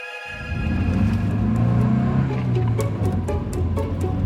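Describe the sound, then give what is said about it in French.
A car drives steadily on the night of 29 April 1969 along the left bank of the Seine, past the Gare d'Orsay, its low engine drone shifting pitch as it accelerates, with continuous road rumble and occasional faint ticks; no voices. “Dans la nuit du 29 avril 1969, au lendemain du non au référendum qui provoque la démission du général de Gaulle, cette voiture longe la rive gauche de la Seine, passe devant la gare d'Orsay qui n'est pas encore un musée, puis tourne à gauche”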